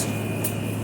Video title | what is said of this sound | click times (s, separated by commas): working on hisense 12000 btu window ac uint | push in work your way around like that locks into place | 0.5 s